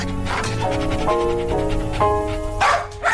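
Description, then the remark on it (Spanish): A mixed-breed dog named Eusebio, out in the city streets on a leash, barks repeatedly, about four or five loud, tonal woofs spaced roughly half a second apart, over a steady background hum. “Salimos a la calle con un perro para observar cómo se ven las ciudades detrás de una correa.”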